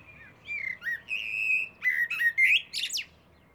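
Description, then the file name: Eurasian blackbird phrase of mellow whistled notes, one held longer, followed by quick scratchy twitters climbing into high squeaky notes near the end. "Turdus merula"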